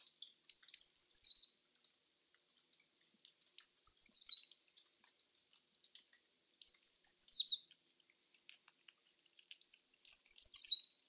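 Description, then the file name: Eurasian blue tit repeating a high, stepped phrase about every three seconds, clear notes dropping into a brief quick trill. "Cyanistes caeruleus"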